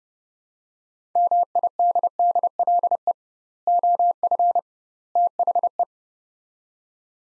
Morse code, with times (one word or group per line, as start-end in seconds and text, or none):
1.2-3.1 MIDDLE
3.7-4.6 OF
5.2-5.8 THE